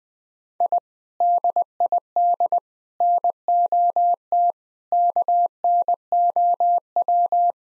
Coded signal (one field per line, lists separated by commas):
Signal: Morse code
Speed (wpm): 20 wpm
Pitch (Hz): 700 Hz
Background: none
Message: I DID NOT KNOW